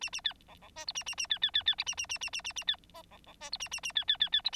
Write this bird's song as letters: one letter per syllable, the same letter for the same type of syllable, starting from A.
A A B C C D E A A A B B B B A A A A A A A B F C C D E A A A B B B B